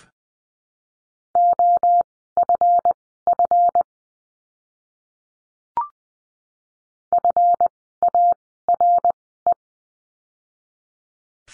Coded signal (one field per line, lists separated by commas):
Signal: Morse code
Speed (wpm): 20 wpm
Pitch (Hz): 700 Hz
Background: none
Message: OFF FARE